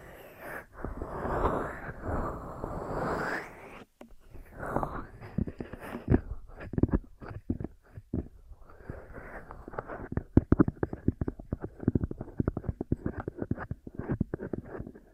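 Ear massage and cleaning sounds, starting with soft, swelling rubs in waves for the first four seconds, then a brief silence. After that come dense, irregular crackles, taps and scratchy brushing strokes, growing busier and sharper toward the end.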